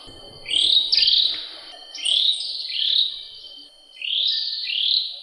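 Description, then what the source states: Oriental magpie-robin singing loud swooping whistled phrases in paired bursts with short pauses between, a thin steady high tone running underneath. Continuous song, from a recording over an hour long.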